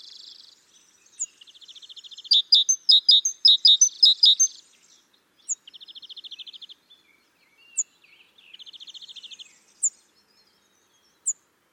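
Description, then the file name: Great tit calling: a quick series of loud sharp chips over a buzzy rattle, then further churring rattles broken by thin, high single notes. "Parus major"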